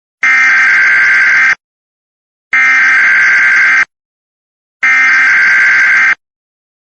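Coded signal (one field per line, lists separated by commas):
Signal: Emergency Alert System (SAME) tones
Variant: header bursts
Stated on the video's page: Fictional EAS scenario for entertainment, not a real event.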